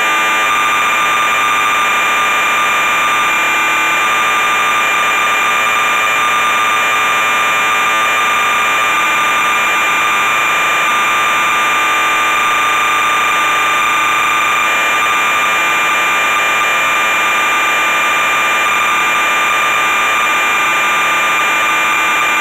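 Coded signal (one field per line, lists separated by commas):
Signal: computer data on cassette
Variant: MSX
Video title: MSX VG-8020 - ZAXXON - Cassette Tape Loading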